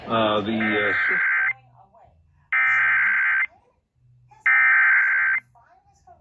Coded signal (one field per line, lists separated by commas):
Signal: Emergency Alert System (SAME) tones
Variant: header bursts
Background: speech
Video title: Enhanced Chaos | EAS Alerts from 4/4/22 (EAS #107-153)